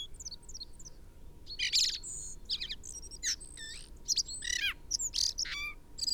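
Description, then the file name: Common blackbird calls: high, rapid twittering notes and sliding squeaky phrases in quick bursts, with a few sharp down-slurred whistles, over a soft low background hiss. "Turdus merula"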